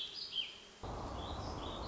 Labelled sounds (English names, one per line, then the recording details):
Warbling Vireo
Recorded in Sonoma County, California